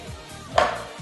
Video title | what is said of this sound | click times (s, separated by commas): xtreamer for dummies- video 1 - cables and connections (part 1/2) | we will feel the little click and we will slide off okay we put inside again | 0.6 s